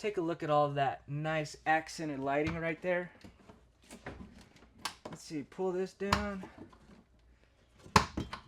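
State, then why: Released. In a 2025 Surveyor 260BHLE bunkhouse travel trailer, someone talks and then pulls down on the strap lock of a swing-out swivel TV mount to unlock it. A sharp clack is heard at 8.0 s as the mount lock releases.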